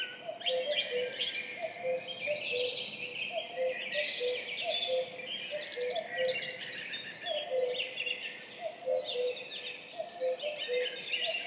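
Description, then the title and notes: Two common cuckoos calling together, their falling cu-coo notes following one another throughout, while many songbirds twitter and whistle in the background. Duet of two common cuckoos, spring dawn at 5:20, 14 May 2019, Piste aux espagnols, Val Maravel; stereo recording with Mixpre3 recorder and MKH8020 microphones. "Duo de coucou. 14 mai 2019-Piste aux espagnols - Val Maravel - 5h20-Mixpr3-mkh8020-stereo. Ici, un mémorable duo de deux coucous gris"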